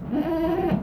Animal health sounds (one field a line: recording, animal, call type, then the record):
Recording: contact call of a hoofed animal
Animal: goat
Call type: low-frequency (closed-mouth) or high-frequency (open-mouth) call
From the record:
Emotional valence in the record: negative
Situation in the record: food frustration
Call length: 0.83 s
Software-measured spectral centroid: 1220 Hz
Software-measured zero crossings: 780 a second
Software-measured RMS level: -24 dBFS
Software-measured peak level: -12 dBFS